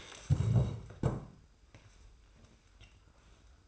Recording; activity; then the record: daily activity, microphone in the room; stand up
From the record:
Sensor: 2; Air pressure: 990.5 hPa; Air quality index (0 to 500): 182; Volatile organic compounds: 1000 ppm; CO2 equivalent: 5806 ppm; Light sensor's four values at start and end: 23/53/22/22 and 26/57/24/24